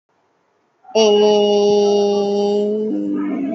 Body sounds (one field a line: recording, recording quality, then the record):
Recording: sustained vowel as in made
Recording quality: excellent, no background noise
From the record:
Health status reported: COVID-19 positive, mild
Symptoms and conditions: cough, cold, sore throat, fever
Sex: female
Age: 23 years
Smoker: not ticked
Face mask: not worn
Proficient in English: yes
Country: India